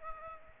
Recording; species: mosquito wingbeat signal from an infrared sensor; Aedes aegypti